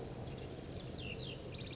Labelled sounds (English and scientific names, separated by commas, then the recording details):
Ash-throated Flycatcher (Myiarchus cinerascens)
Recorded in Sonoma County, California